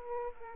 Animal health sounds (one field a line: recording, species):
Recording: mosquito wingbeat signal from an infrared sensor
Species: Aedes aegypti